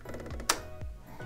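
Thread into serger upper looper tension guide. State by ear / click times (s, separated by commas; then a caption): seated / 0.5 s. Thread is pulled into the upper looper tension path of a serger. A loud, sharp click at 0.5 s shows it seating in the upper looper tension guide, over faint background music. No one talks during the clip.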